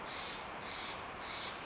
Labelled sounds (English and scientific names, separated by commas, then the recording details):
Steller's Jay (Cyanocitta stelleri)
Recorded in Sonoma County, California